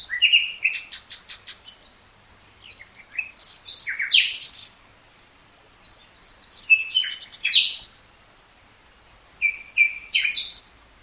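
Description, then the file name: Common nightingale delivering several varied phrases: rapid clicking trills, chirps and rich warbled notes, separated by short pauses. "Luscinia megarhynchos"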